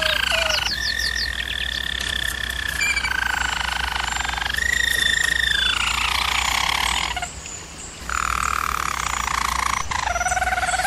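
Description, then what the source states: German Roller canary singing continuous rolls and sustained tours, shifting pitch every few seconds, with a short pause before the last phrases; low hum underneath. German Roller canary song for training canaries.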